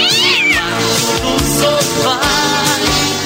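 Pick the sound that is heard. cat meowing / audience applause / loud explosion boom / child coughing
cat meowing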